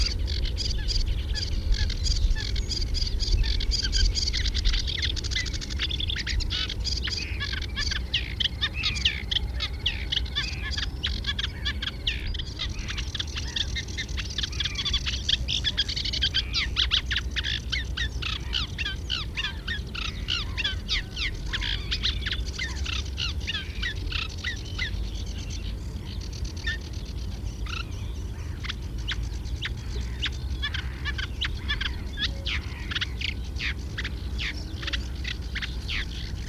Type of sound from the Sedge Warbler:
song